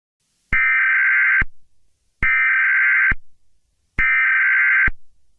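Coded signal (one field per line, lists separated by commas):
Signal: Emergency Alert System (SAME) tones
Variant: header bursts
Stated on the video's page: Fictional EAS scenario about a purple minion attack, not a real alert.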